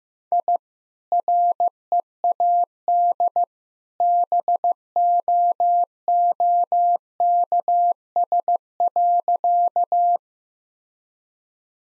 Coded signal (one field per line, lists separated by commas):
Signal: Morse code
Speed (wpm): 16 wpm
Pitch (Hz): 700 Hz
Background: none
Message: I READ BOOKS.